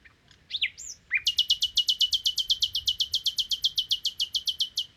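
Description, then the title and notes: Common nightingale song: rising and falling whistled notes followed by a long, rapid, loud run of identical sharp notes. Recorded 1 May 2019 in the Crau, Bouches-du-Rhône, France, on a Nagra Seven with cardioid MKH8040 and omnidirectional MKH8020 microphones, comparing the two pickup patterns. "Crau - Bouches du Rhône. Rossignol philomèle"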